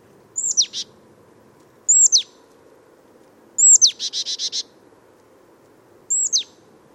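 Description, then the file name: Marsh tit calling with sharp high downslurred notes, about four times, one followed by a buzzy run of rapid notes. "Poecile palustris"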